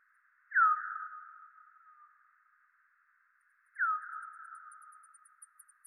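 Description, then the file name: Bat calls, two strong downward sweeps about three seconds apart, each sliding into a long fading tail, followed by a train of faint high ticks growing louder. Bat movement in the Rayol Gondwana garden. "Rayol Gondwana Mouvementde Chauve Souris Mercier Glotin"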